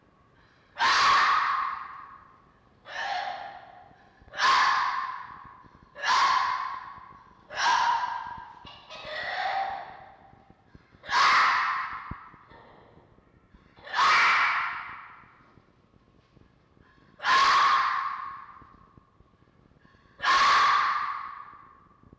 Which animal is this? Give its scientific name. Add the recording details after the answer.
Vulpes vulpes. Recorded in captivity. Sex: male. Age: adult. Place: Zoologisches Institut der HUB, Berlin, DE. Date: 1952-04-18 19:00. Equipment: Elmetra. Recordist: Tembrock, Günter